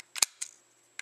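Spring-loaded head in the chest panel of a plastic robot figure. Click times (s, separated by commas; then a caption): 0.2 s. A panel on a plastic transforming robot figure is pulled back, releasing the spring-loaded head in its chest panel so it pops up. A quick plastic rattle leads into a sharp snap at 0.2 s, followed by a softer clack around 0.4 s and a last small tick near 1.0 s. The head is released and pops up.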